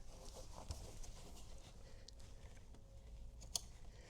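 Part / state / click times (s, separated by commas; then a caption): vehicle front wiring harness connector halves mating together / seated / 3.6 s. The male and female halves of a Fisker Ocean front wiring harness connector are pushed together by hand until the plastic latch engages. Faint handling noise and small taps lead up to a sharp, bright snap at 3.6 s, and the connector is seated.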